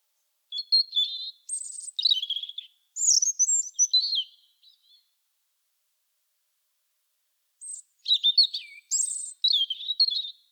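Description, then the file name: Bird singing two high, rapid phrases of varied chirps, trills and whistled notes, separated by a pause of about three seconds. "Vogel. Timo Tetschner"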